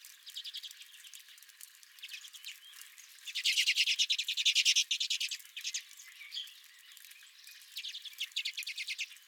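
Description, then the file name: Redpolls twittering softly, then a loud burst of rapid dry chatter in the middle, with more short trills later. Redpolls at the recordist's own feeder. "Redpolls at My Feeder"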